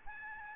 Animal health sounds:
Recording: mosquito wingbeat signal from an infrared sensor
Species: Aedes albopictus

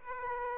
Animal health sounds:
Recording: mosquito wingbeat signal from an infrared sensor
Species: Aedes aegypti

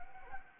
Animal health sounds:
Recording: mosquito wingbeat signal from an infrared sensor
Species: Anopheles gambiae

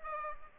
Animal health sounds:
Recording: mosquito wingbeat signal from an infrared sensor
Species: Culex pipiens

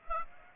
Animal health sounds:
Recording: mosquito wingbeat signal from an infrared sensor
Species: Aedes aegypti

